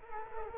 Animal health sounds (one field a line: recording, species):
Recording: mosquito wingbeat signal from an infrared sensor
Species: Culex quinquefasciatus